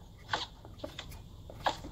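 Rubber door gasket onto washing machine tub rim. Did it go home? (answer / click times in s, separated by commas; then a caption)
yes / 0.3 s, 0.6 s, 0.9 s, 1.0 s, 1.5 s, 1.7 s. A rubber door gasket on a Bosch washing machine is pushed dry, without soap, onto the metal tub rim and worked around it, the inner edge going between the drum and the tub and the outer edge up and over. It gives short squeaky, quack-like clicks at 0.3, 0.7, 0.9, 1.0, 1.5 and 1.7 seconds, the loudest at 0.3 and 1.7 seconds. Each click is the gasket grabbing and seating in place on the rim.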